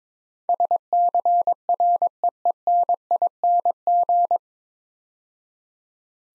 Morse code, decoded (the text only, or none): SCREENING